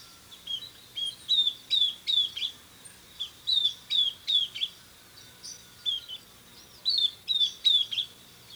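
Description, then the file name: Southern beardless tyrannulet giving high, thin, slightly falling whistles in quick series of three or four, pausing between bursts. "Camptostoma obsoletum - Southern Beardless Tyrannulet"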